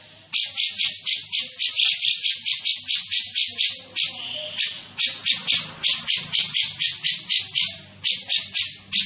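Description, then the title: Grey-cheeked bulbul chattering in steady harsh pulses, several per second, over most of the recording with only brief breaks. Described as gacor (actively vocal), with a dense, clear voice. "Cucak Jenggot Gacor 1. Cucak Jenggot Gacor, Suara Rapat Dan Jernih"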